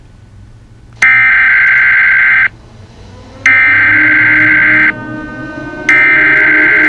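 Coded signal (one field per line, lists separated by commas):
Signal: Emergency Alert System (SAME) tones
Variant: header bursts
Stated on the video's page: Fictional EAS scenario, not a real alert.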